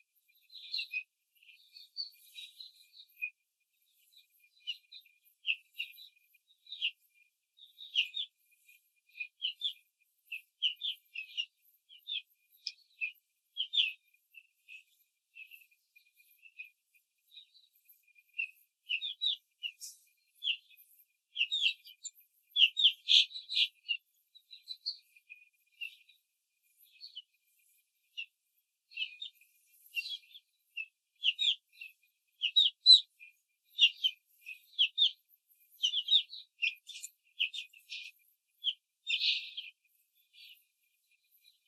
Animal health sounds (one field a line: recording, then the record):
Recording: young laying hens in a cage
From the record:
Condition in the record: control cage, after the stress test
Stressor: none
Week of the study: 4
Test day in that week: 1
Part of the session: 3